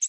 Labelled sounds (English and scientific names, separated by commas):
American Redstart (Setophaga ruticilla) flight call